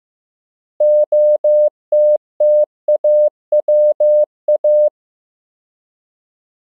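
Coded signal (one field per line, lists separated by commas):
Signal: Morse code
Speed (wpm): 15 wpm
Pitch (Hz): 600 Hz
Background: none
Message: OTTAWA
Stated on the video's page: Morse practice at 15 WPM: mixed English words and ham QSO patterns, each followed by time to copy by ear; generated by a Morse app.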